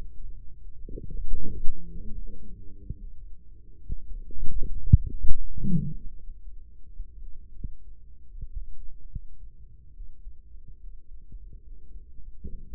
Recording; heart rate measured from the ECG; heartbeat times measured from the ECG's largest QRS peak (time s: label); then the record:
heart sounds by microphone in the right ear; 76 bpm
0.60 s: heartbeat
1.34 s: heartbeat
2.13 s: heartbeat
2.97 s: heartbeat
3.83 s: heartbeat
4.66 s: heartbeat
5.44 s: heartbeat
6.14 s: heartbeat
6.83 s: heartbeat
7.53 s: heartbeat
8.28 s: heartbeat
9.09 s: heartbeat
9.93 s: heartbeat
10.79 s: heartbeat
11.62 s: heartbeat
12.38 s: heartbeat
From the record:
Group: healthy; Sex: male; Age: 35 years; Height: 178 cm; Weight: 64 kg